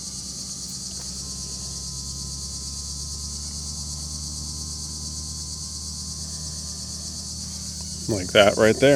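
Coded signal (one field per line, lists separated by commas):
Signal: FT8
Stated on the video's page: Slow CW from a park activation with IC-705 and PackTenna end-fed half-wave vertical, finishing after FT8.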